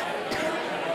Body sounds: coughing mixed with background sound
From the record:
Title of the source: 30 Chesty and wet cough

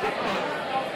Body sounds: coughing mixed with background sound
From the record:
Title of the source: Barking cough - # 10

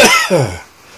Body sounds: coughing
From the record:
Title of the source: Dry Afternoon Cough

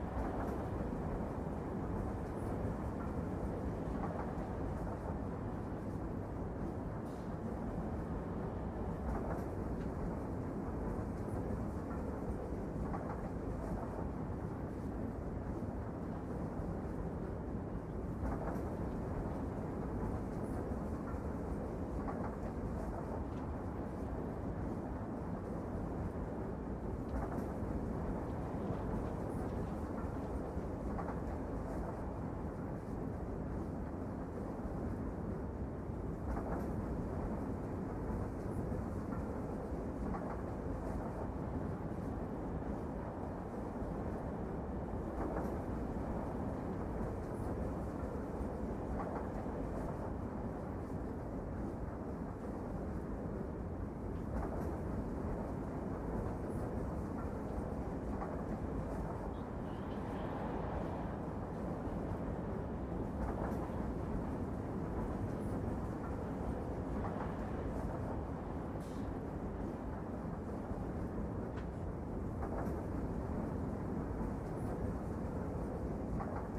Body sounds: background sound without coughing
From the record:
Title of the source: Train Ride Ambience ambient white noise for sleeping, focus, studying, reading

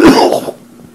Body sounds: coughing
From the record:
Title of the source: Coughing 77

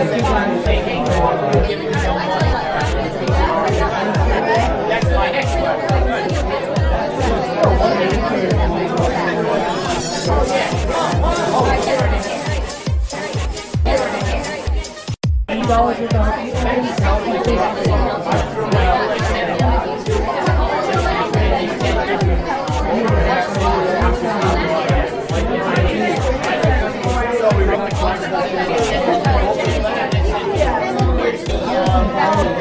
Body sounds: background sound without coughing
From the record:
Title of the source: Nightlife Party Simulating Party Club Noise 1 Hour

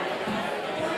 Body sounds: coughing mixed with background sound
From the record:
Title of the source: Mid-morning Winter Coughing Fit

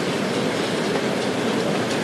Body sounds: background sound without coughing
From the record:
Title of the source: Office Sounds Ambience - Background Noise for Study and Work

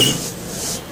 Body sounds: coughing mixed with background sound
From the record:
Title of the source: Spring Cold Coughing.

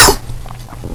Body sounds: coughing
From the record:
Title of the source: Coughing 79

